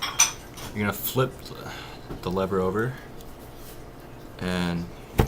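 A metal CPU socket retention lever on a motherboard is handled as it is about to be flipped over and pressed down to latch under its hook, while someone talks. Short metallic clinks are heard at about 0.2 s and 3.2 s. Nothing has seated or clicked yet; the lever has not locked into place.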